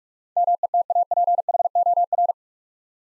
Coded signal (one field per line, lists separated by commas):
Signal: Morse code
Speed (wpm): 46 wpm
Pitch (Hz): 700 Hz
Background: none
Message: METAPHOR